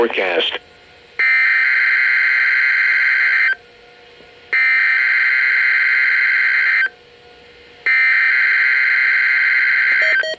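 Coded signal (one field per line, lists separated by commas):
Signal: Emergency Alert System (SAME) tones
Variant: header bursts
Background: speech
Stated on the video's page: Required Weekly Test from NOAA Weather Radio KEC65 Minneapolis, received on a WR100 weather radio, with tornado siren.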